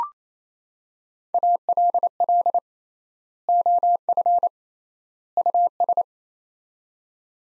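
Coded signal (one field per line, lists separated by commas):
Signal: Morse code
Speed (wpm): 28 wpm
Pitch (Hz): 700 Hz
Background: none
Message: ALL OF US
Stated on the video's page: Morse practice of three-word sets at 28 wpm with 3x word spacing, a Farnsworth-like method applied to words.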